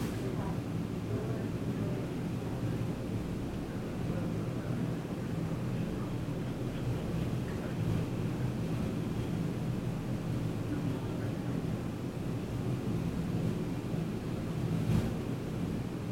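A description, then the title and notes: Inside an office, a heavy air conditioner roars steadily, a deep, dense hum that fills the whole sixteen seconds at an even level. Faint chatter sits low beneath it, hard to pick out, and a brief click or tap stands out near the end. Int Office, Light Chatter, Heavy AC by Bandeto.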